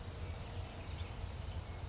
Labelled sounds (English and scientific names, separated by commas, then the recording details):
California Towhee (Melozone crissalis)
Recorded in Sonoma County, California